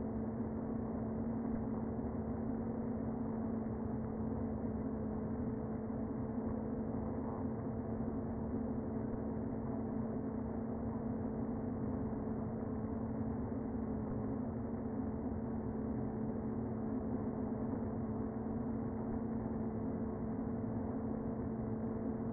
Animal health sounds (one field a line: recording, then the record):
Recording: honeybee colony, microphone inside the hive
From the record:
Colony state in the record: queen present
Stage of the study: before two queens were removed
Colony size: about 60,000 bees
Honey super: yes